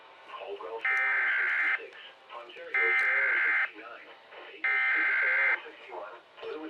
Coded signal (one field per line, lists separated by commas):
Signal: Emergency Alert System (SAME) tones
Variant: header bursts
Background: speech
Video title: CAP MAKES A SCENE... NWR Practice/Demo Warning WXK68 (05/24/22) (EAS#354-356)